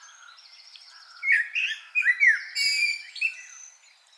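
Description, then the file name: Common blackbird song, a few whistled and twittering phrases. "Turdus merula"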